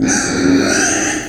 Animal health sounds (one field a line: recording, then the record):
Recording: squeal of a Yucatan mini pig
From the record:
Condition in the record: before surgery on the right vocal fold (resection and tissue-engineered implant)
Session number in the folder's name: 3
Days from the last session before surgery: 0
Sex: female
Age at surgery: 19 weeks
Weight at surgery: 25 kg